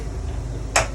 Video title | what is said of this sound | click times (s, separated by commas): Brinkley Model G 3500 Walkthrough | have to hear that snap | 0.8 s